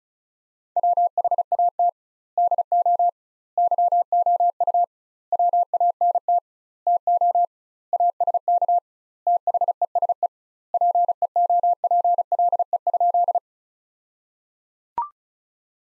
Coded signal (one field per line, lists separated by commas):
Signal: Morse code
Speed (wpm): 36 wpm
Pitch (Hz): 700 Hz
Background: none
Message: WHAT DO YOU WANT TO ASK THESE PEOPLE?